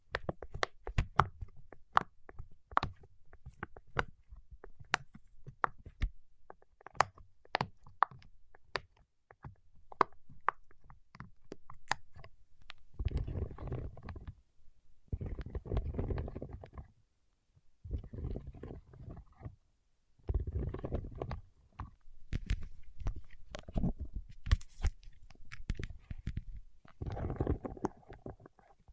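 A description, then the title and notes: Fingertips working wax: for the first thirteen seconds, quick sharp taps and sticky clicks come thick and irregular. After that the sound turns to squishing, crackling rubs in bursts of two or three seconds, separated by short silences, with a heavy low thump under them. ASMR with Wax Fingertips for Sleep (No Talking).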